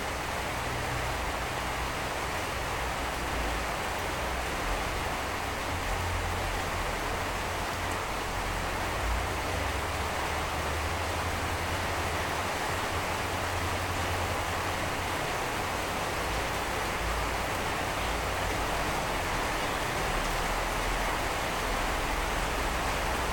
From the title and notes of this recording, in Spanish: Solamente me puse a grabar el sonido de la lluvia cayendo sobre la lámina de mi casa.